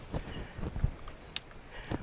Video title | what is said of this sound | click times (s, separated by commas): "FJ Cruiser Spark Plug Swap-Coil-on-Plug Chaos ( But Make It Fun ) | Listen for the click. Okay, that's it. | 1.4 s